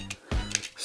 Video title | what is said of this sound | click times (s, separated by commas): Building the Most Important Marvel Prop So Far | I have to slide this on I guess until it snaps so | 0.5 s